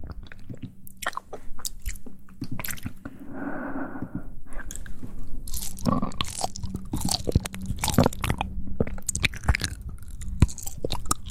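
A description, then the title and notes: Mouth and hand sounds: wet clicks, smacks and crunchy chewing-like snaps come thick and irregular, with a brief muffled rustle around four seconds. ASMR Mouth Sounds and Hand Sounds.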